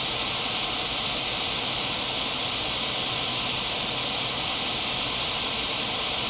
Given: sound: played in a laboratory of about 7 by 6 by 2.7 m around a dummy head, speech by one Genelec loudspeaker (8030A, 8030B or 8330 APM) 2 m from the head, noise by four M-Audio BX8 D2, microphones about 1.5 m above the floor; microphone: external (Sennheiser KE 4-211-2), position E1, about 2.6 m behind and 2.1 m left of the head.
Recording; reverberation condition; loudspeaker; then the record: white noise; low; four, about 170 cm from the corners of the room and facing them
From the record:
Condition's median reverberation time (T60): about 310 ms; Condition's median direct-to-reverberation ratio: about 3.5 dB